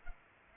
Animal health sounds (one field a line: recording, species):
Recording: mosquito wingbeat signal from an infrared sensor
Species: Culex pipiens